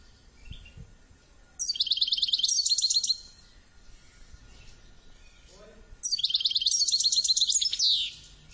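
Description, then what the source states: Finch song: two bursts of high, buzzy, rapidly repeated trilled notes, separated by a pause with faint background noise. Labelled 'drunk'; Ilam.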